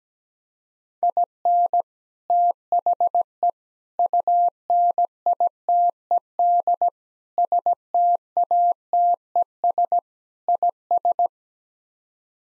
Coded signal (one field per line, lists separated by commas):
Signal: Morse code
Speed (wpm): 17 wpm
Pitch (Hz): 700 Hz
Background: none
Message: IN THE UNITED STATES IS